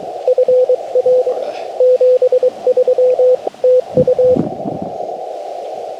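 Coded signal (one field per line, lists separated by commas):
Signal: Morse code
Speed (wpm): 23 wpm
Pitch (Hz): 510 Hz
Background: radio noise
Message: FR 73 TU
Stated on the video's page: QRP park activation, FT-891 at 5 watts into an end-fed random wire via tuner, dummy load accidentally left switched in; on 15, 10, 17 and 20 m.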